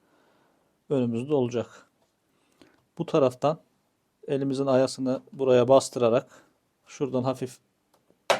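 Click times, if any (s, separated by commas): 8.3 s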